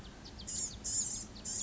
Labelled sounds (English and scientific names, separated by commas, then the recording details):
Blue-gray Gnatcatcher (Polioptila caerulea)
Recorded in Sonoma County, California